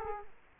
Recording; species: mosquito wingbeat signal from an infrared sensor; Culex quinquefasciatus